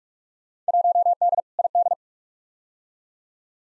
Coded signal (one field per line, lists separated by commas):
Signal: Morse code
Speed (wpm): 46 wpm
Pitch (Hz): 700 Hz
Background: none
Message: 1D ID